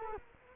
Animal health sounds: mosquito wingbeat signal from an infrared sensor; Culex quinquefasciatus

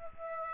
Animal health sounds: mosquito wingbeat signal from an infrared sensor; Aedes aegypti

